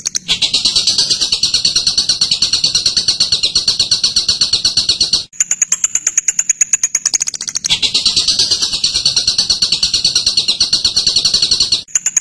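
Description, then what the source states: Bird song with two long rattling, buzzy trills separated by a shrill, high, pulsed ticking passage. Birdsong used to train birds.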